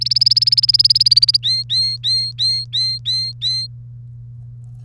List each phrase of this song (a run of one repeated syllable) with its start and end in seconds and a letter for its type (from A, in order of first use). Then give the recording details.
0.01-1.37 A, 1.43-3.67 B. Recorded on 1 May 2018 at 08:33. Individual llb3